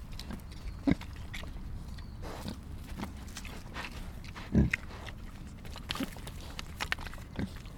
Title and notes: Wildpark Wiehl-Tropfsteinhöhle, 51674 Wiehl, Deutschland - Wildschweine. Wildschweine über der Tropfsteinhöhle Wiehl, die mit den Rüsseln wühlen und grunzen. Wild pigs over the stalactite cave Wiehl, they dig with the trunks and grunt